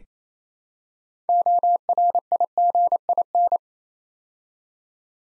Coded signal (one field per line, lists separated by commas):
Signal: Morse code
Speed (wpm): 27 wpm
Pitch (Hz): 700 Hz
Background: none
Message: ORIGIN